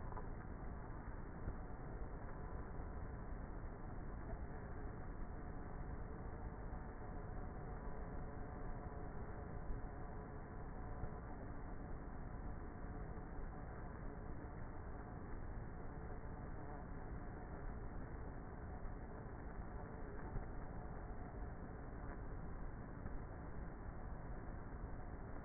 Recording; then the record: honeybee colony, microphone inside the hive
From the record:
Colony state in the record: queenless with a low population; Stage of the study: before two queens were removed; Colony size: about 30,000 bees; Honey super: no